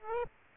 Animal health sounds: mosquito wingbeat signal from an infrared sensor; Aedes aegypti

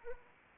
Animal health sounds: mosquito wingbeat signal from an infrared sensor; Anopheles arabiensis

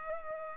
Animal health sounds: mosquito wingbeat signal from an infrared sensor; Culex pipiens

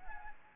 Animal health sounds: mosquito wingbeat signal from an infrared sensor; Anopheles arabiensis

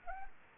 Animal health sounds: mosquito wingbeat signal from an infrared sensor; Anopheles arabiensis

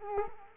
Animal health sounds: mosquito wingbeat signal from an infrared sensor; Culex quinquefasciatus

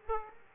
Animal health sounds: mosquito wingbeat signal from an infrared sensor; Aedes aegypti

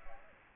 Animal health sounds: mosquito wingbeat signal from an infrared sensor; Aedes aegypti

